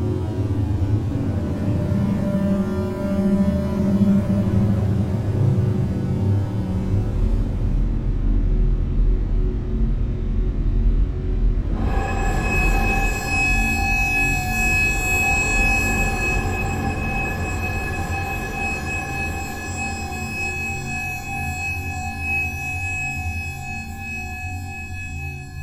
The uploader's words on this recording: Using old online e synths to create sounds (rather than music), in this case the Ancient Solfeggio Synthesizer I found in 2012. Then, putting the result into ambient v.3 software and improvising on it. Lots of reverb, always lots of reverb. Then, manipulating the original synth sounds in Audacity, using its simplified version of Paulstretch, copying and cutting bits and modifying them to create drones.